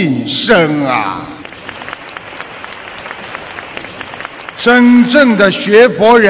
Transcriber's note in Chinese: 掌声